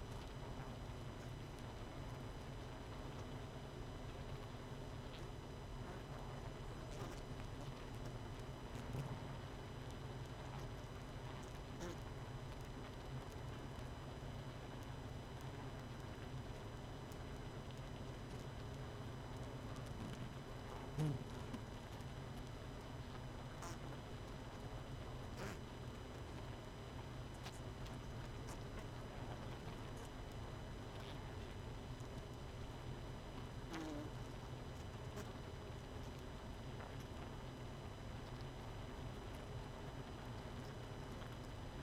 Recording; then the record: honeybee colony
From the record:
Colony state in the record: missing queen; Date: 31 May 2018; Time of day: 21:45